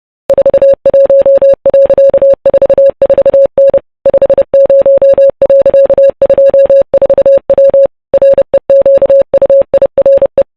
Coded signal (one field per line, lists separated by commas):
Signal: Morse code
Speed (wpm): 30 wpm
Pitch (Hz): 550 Hz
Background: music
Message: 41.44N 50.24W REQUIRE